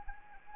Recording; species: mosquito wingbeat signal from an infrared sensor; Anopheles arabiensis